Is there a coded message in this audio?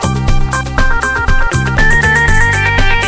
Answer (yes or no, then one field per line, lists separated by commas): no